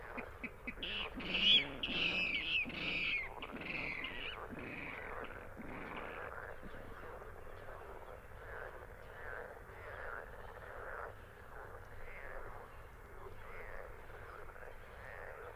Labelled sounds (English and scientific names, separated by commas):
Water Rail (Rallus aquaticus)